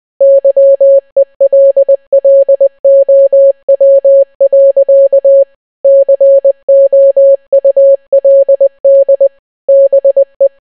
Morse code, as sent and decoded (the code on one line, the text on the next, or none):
-.-- . .-.. .-.. --- .-- .-.-.- / -.-. --- ..- .-.. -.. / -... .
YELLOW. COULD BE